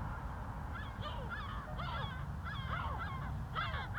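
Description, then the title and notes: Gulls giving overlapping mewing cries that bend downward, partly buried under a heavy low rumble of cars. Gulls at a cliff edge above the harbour of Puerto de Las Nieves, Agaete, Gran Canaria, Spain; harbour activity and cars below; spaced-pair AB microphones into a portable recorder. "GC-200, 35489 Agaete, Las Palmas, Espagne - Mouettes - Seagulls. Des mouettes en bord de falaise, en bas l'activité de Puerto de Las Nieves, et les voitures"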